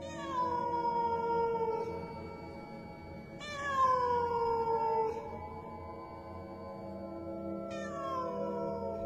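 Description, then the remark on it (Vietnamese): A cat yowls loudly three times right behind a house, each long, wailing cry starting high and sliding downward, with brief pauses between and a low steady rumble underneath. “Bất thình lình, lúc này thì ngay phía sau nhà gần lắm, tiếng mèo lại kêu như muốn dọn cả người.”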